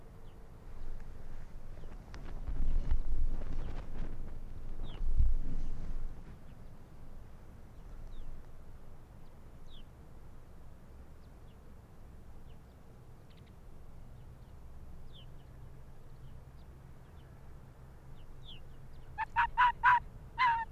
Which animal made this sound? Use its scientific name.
Vulpes lagopus